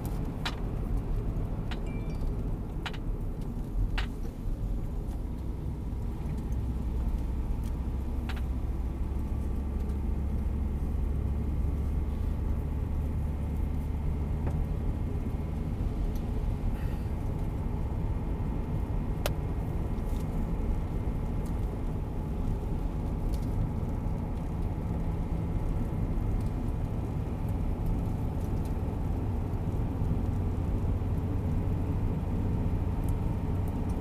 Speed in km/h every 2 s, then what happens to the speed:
59, 51, 41, 39, 45, 48, 50, 53, 56, 59, 59, 59, 58, 59, 60, 61, 61.
0-4 brakes to 41. 6-18 speeds up to 59. 18-34 steady at about 59.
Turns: 4-10.